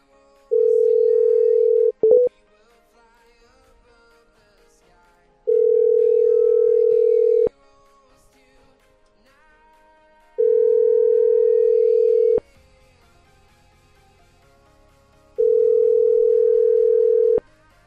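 After a phone number is dialed, a steady telephone ringback tone sounds four times, each long ring lasting about two seconds with roughly three seconds of silence between, a clear, constant mid-pitched hum with no talking.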